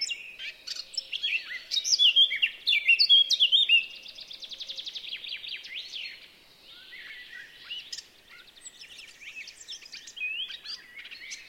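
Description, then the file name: Eurasian blackcap warbling song: a loud burst of rich fluty whistled notes, then a fast scratchy rattled series and softer twittering phrases over the last seconds. "Sylvia atricapilla"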